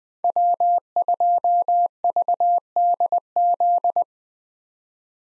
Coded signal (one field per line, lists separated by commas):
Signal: Morse code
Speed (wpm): 20 wpm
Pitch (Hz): 700 Hz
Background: none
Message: W2VDZ